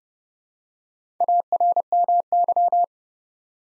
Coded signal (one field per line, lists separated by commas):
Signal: Morse code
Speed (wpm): 30 wpm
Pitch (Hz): 700 Hz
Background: none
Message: ARMY